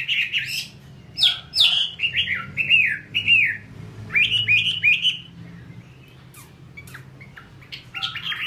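Chinese hwamei giving loud, slurred whistled phrases in quick bursts, then quieter sharp chips and one last phrase at the end, over a steady low hum.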